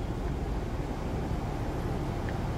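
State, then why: Not seated. During a tire service, a tool or fitting is worked onto a wheel or tire part, where it must sit very firmly or it will strip. A steady low rumble of background noise runs throughout, with a brief, sharp tap near 2.3 s. The part is still being handled and nothing has seated yet.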